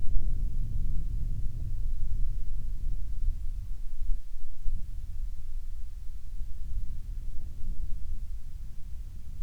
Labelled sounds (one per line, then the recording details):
wind
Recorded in the Arctic National Wildlife Refuge, Alaska, on 7 August 2019 at 07:46
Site 49